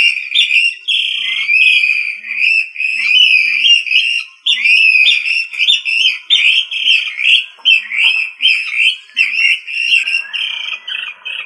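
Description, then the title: Rail calling in a steady stream of rapid, warbling whistled notes, bright and high, pulsing several times a second throughout. "LuckyFamilia RallidaeFrangoSama"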